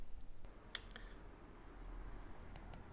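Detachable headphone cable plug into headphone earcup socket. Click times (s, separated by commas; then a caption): 0.8 s. A fabric-covered detachable cable for Beyerdynamic T1 headphones is plugged into the headphone earcup socket. Faint small clicks and handling ticks surround one sharp, bright click at 0.8 s. The cable connector seats, clicking into place.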